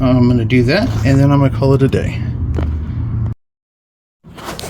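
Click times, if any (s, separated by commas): 4.6 s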